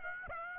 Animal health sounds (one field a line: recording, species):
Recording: mosquito wingbeat signal from an infrared sensor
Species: Aedes aegypti